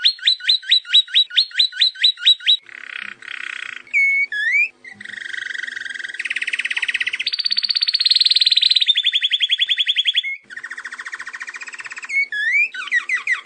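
Canary delivering repeated chirps, a brief buzzy rattle, swooping whistles and long rapid trills at different pitches before another run of upslurred notes.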